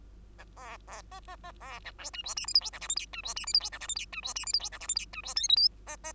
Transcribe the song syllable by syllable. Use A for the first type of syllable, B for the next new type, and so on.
A B B C C C B A D E F G H I J K L M N E F G H I J K L M N E F G H I J K L M N E F O P Q C C